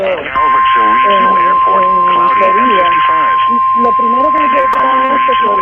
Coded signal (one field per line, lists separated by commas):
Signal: Emergency Alert System (SAME) tones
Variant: 1050 Hz attention tone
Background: speech